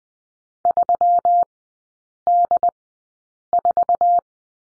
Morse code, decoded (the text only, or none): 3D4